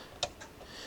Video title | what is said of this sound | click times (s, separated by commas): Transformers Legacy Wreck N' Rule Twin Twist and AotP Wreck N' Doom Topspin/Spinister double review | his uh the rotor blades on Age of the Prime Minister, they don't lock into place as effectively as | 0.2 s